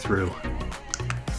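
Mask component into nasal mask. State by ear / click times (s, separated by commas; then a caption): seated / 0.9 s. Someone talks as a silicone mask component is pushed back into place on a dental nitrous oxide nasal mask. A sharp click is heard at 0.9 s, followed by smaller sounds. The part is seated back in, leaving a smooth front.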